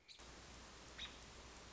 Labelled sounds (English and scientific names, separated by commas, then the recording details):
American Robin (Turdus migratorius)
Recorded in Sonoma County, California